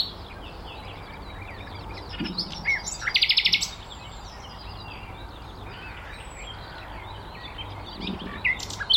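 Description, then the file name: Common nightingale giving a brief, rapid buzzy trill with a few scattered high chirps, set against steady background hiss and faint low rumble. "Luscinia megarhynchos"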